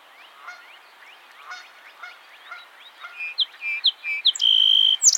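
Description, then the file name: Song sparrow song rising out of soft background bird chatter: short clipped whistles, then a long steady buzzy note near the end. "Melospiza melodia - Song Sparrow"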